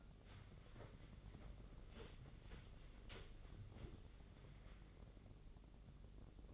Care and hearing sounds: daily activity, microphone in the room; wipe stove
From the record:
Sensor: 4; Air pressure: 1013.2 hPa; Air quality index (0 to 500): 176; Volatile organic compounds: 2 ppm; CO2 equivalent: 1111 ppm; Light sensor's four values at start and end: 95/237/98/103 and 94/236/97/102

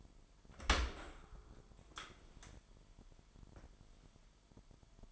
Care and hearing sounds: daily activity, microphone in the room; open dishwasher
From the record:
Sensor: 5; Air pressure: 998.5 hPa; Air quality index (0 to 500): 81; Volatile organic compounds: 1 ppm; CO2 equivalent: 916 ppm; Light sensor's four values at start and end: 25/58/24/27 and 25/58/24/27

